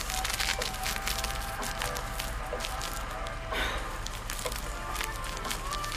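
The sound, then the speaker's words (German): Continuous crackly crinkling of candy wrappers, a dense stream of sharp little snaps and rustles that persists throughout, with a brief louder burst midway and no talking. “Mann, das kann ja keiner aushalten, die Knisterei. Scheiß Bonbons.”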